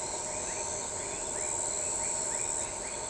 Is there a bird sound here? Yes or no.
no